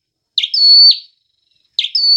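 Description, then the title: Hill prinia song, one full phrase of a short buzzy burst followed by a long, thin, steady whistle that drops sharply at the end, with the next phrase starting. "prenjk gnung. prenjak vietnam"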